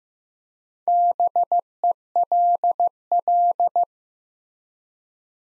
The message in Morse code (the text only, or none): BELL